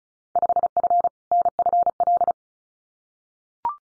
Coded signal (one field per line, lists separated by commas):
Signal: Morse code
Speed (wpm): 36 wpm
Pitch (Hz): 700 Hz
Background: none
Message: 5F NFL